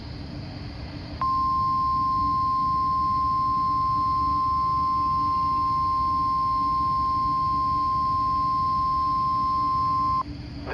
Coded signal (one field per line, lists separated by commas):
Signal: Emergency Alert System (SAME) tones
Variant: 1050 Hz attention tone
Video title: [EAS #2429] NWR Required Weekly Test on KHB60 (5/24/23)